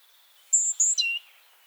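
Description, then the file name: Great tit call, a single phrase: two piercing high whistles in quick succession, then one lower sliding note, over a quiet background. "Parus major"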